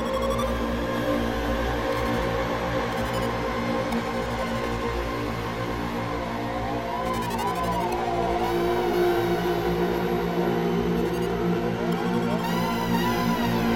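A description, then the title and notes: A dense, steady drone soundscape sits on a deep, bassy hum, with stacked sustained tones held throughout. Higher tones waver and weave slowly, gliding up and down from around seven seconds onward, while a faint shimmering hiss rides on top at an even level. Long-form ambient dronemusic soundscape with binaural beats and tones weaving with underlying bassy tone.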